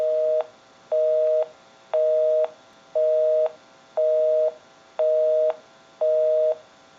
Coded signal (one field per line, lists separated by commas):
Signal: telephone call progress tone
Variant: North America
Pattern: busy tone